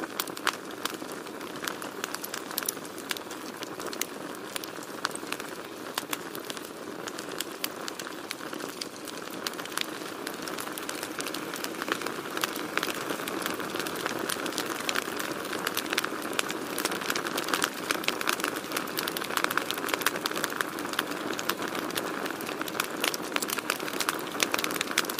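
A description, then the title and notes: A campfire crackles steadily, with dense, rapid pops and snaps scattered throughout. Beneath the crackle sits a soft, continuous hiss, and the sound stays even, growing slightly busier and louder in the second half. Relaxing Sounds of Crackling Campfire for Stress Relief or Sleep.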